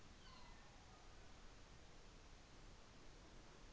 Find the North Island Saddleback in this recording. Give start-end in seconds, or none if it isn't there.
none